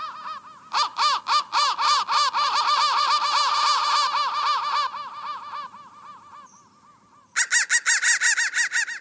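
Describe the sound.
Crow giving rapid, overlapping harsh caws that build into a thick chorus, thin out and fade, then a sudden loud burst of caws returns.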